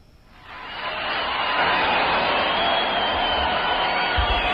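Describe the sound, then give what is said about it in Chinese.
A large audience at the live 2018 Berlin forest concert (Waldbühne) breaks into applause as conductor Simon Rattle returns to the stage for an encore. The applause swells over the first second, then holds as a dense, steady roar of clapping, with a few low thumps near the end. “现场掌声再次响起，大家期待着。”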